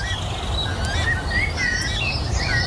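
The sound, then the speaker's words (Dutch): A weka, a protected bird from New Zealand, calls with shrill, rising whistles repeated over a steady background hiss, mixed with other high chirps and tweets throughout. “Een weka, een beschermde vogel uit Nieuw-Zeeland.”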